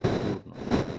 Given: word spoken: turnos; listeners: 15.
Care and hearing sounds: one Spanish word in noise, from a listening test; noise modulated by one talker; -7.3 dB; 1 of 15; 6 of 15; 0.59 s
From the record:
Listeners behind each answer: 6, 3, 1, 1, 1, 1, 1, 1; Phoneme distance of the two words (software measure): 7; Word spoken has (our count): 2 syllables, 6 phonemes, stress on syllable 1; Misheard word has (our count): 2 syllables, 5 phonemes, stress on syllable 1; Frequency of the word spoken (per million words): 5.48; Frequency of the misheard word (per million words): 28.44

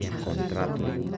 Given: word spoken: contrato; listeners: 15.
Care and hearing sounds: one Spanish word in noise, from a listening test; eight-talker babble; -3.2 dB; 1 of 15; 7 of 15; 0.77 s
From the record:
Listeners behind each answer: 7, 4, 1, 1, 1, 1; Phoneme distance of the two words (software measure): 31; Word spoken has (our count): 3 syllables, 8 phonemes, stress on syllable 2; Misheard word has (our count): 3 syllables, 9 phonemes, stress on syllable 3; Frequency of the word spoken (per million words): 59.35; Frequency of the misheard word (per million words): 105.96

